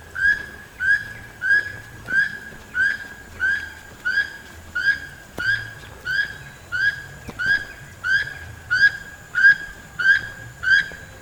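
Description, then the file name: Keel-billed toucan repeating a loud, hoarse, frog-like croak at an even pace, about once every two-thirds of a second, over a quiet background. "Keel billed Toucan Ramphastos sulfuratus"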